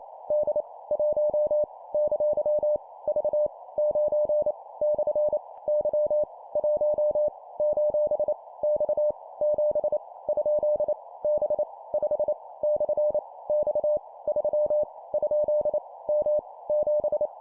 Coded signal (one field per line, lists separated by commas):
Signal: Morse code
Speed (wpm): 28 wpm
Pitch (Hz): 600 Hz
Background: none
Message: D 1 ! V 9 / Y 1 : X 7 ? B 5 / X 3 ? M 7